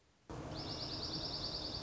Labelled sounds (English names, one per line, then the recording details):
Dark-eyed Junco
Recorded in Sonoma County, California